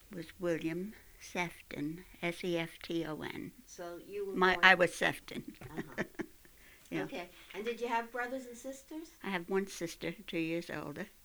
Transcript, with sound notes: Was William Sefton, S-E-F-T-O-N.
So you were born...
I was Sefton. ( she laughs ) Yeah.
Uh-huh. Okay. And did you have brothers and sisters?
I have one sister, two years older.